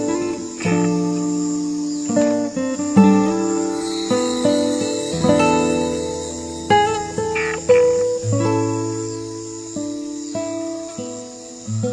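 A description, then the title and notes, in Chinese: Summer night cicadas keep up a steady, bright, high-pitched drone throughout. Over it, sustained tonal notes play at low and middle pitches, changing every second or so, with a soft struck attack on each new note that then fades. 3D自然音乐。夏夜+蝉叫。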